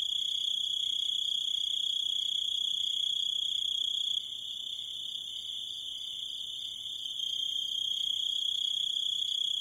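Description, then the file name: Grasshopper sound: high continuous trill and evenly repeated brief chirps, softer through the middle before rising again. "zvuki kuznechika"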